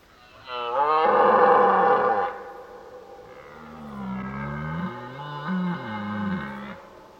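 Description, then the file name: Deer calling, a rising harmonic whine that breaks into a loud rough roar for about a second, then a long lower wavering moan that swells and fades. "Herten"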